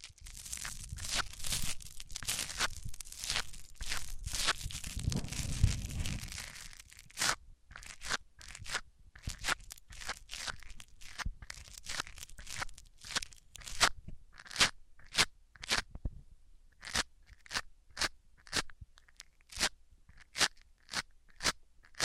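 Microphones rubbed on surfaces make dense crunching scrapes with low rumbling bursts for seven seconds, then separate sharp strokes repeating at an irregular pace.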